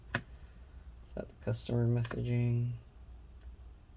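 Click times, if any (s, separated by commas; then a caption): 0.2 s. A screw in the bottom case of a Dell Alienware 15 R3 laptop is turned counter-clockwise until its thread drops into the start of the hole with a small, sharp click at 0.2 s, seating it before it is tightened. After that, someone talks.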